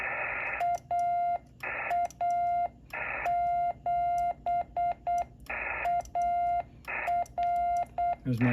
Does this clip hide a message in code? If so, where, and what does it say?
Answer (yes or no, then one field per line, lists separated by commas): yes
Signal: Morse code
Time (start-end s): 0.6-8.1 s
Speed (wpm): 8 wpm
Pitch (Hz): 700 Hz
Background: radio noise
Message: AA7AR